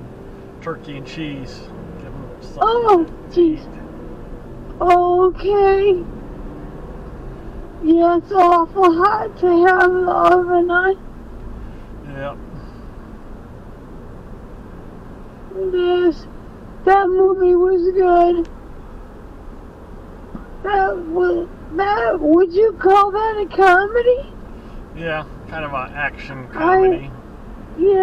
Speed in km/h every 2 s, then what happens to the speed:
23, 32, 40, 52, 52, 53, 55, 58, 58, 56, 56, 56, 60, 61.
0-28 speeds up to 61.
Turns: none.